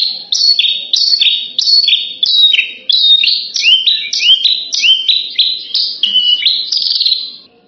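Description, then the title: Horsfield's bush lark song of many paired notes, each a high chirp dropping to a lower slurred note, repeated in a fast series. "branjangan"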